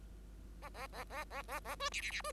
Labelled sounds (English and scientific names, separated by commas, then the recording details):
Bengalese Finch (Lonchura striata domestica) song
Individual Bird5